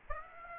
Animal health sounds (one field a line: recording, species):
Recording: mosquito wingbeat signal from an infrared sensor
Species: Aedes aegypti